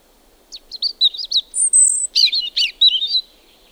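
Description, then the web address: European robin song: quick scratchy notes, then a thin, very high drawn-out whistle, followed by a tumbling run of liquid warbles. "liigid plaat punarind"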